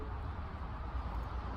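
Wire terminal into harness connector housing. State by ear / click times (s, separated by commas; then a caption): not seated / none. A crimped wire terminal is handled as it is about to be pushed into a plastic connector housing for a 2JZ GTE engine wiring harness. Only a steady low rumble and broadband background noise is heard, with no sharp transients. Nothing has seated or clicked yet.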